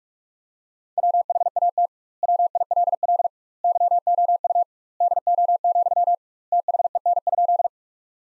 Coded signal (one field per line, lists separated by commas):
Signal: Morse code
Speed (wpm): 42 wpm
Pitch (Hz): 700 Hz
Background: none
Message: WHAT WILL YOU DO, THEN?